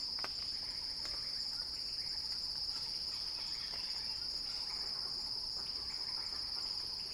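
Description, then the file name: Cicada song, an unbroken high whining drone at even loudness, with soft ticking sounds beneath it. Cicada song building in a crescendo. "earth-fm Axel-Drioli Cicada-Crescendo-Sounding-Wild"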